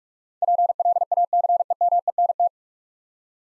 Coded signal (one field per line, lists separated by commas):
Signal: Morse code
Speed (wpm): 48 wpm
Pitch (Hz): 700 Hz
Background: none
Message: PLACEMENT